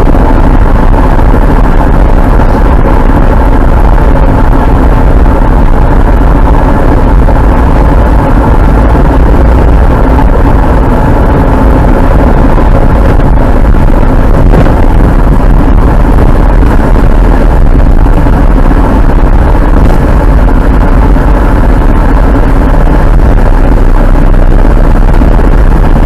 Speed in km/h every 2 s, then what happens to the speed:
69, 68, 69, 64, 65, 68, 69, 70, 72, 74, 77, 80, 83.
0-7 steady at about 68. 7-26 speeds up to 83.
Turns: none.